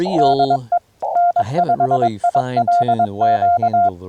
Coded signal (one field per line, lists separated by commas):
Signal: Morse code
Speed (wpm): 21 wpm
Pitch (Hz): 690 Hz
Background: speech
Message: DE N5ILQ